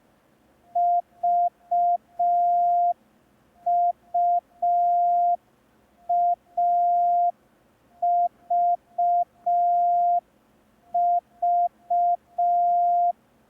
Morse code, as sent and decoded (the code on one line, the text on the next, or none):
...- ..- .- ...- ...-
VUAVV